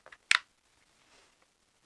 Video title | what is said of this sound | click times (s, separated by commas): Samsung Swollen Battery Replacement | let's try and go around the corner nice clicky clicky noises | 0.3 s